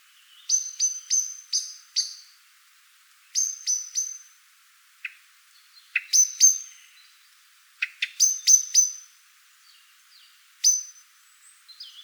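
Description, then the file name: Eurasian blackbird giving sharp metallic chinks in rapid bursts of three to five, with short pauses between bursts and a few softer notes in the gaps. "Turdus merula"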